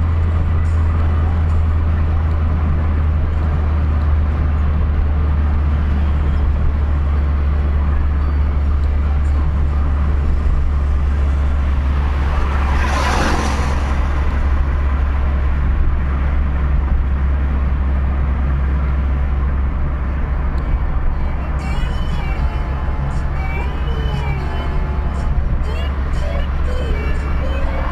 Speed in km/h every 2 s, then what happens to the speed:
73, 71, 67, 64, 64, 62, 62, 62, 61, 60, 60, 62, 63, 63.
0-10 slows to 62. 10-28 steady at about 62.